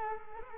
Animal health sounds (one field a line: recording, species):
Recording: mosquito wingbeat signal from an infrared sensor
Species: Culex quinquefasciatus